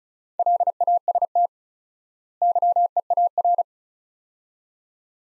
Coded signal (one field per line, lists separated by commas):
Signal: Morse code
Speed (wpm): 36 wpm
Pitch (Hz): 700 Hz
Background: none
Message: LAST YEAR